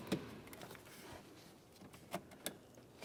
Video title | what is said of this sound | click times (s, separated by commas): How to Replace Fuse Block Connector 2004-2015 Nissan Titan | another click | 2.5 s